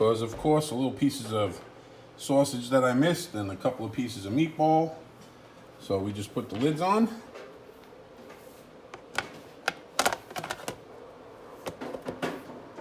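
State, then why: Seated. Plastic lids are pressed onto food storage containers of freeze-dried meat sauce before storage. Someone talks for the first seven seconds. Then a series of sharp, short clicks is heard, with the lids snapping into place at 9.7 and 10.0 seconds.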